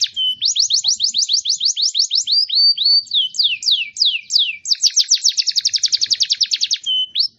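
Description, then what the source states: Songbird song of quick repeated whistled notes, a few slower slurs, then a very rapid, tightly spaced trill. Complete songbird song, used for training songbirds.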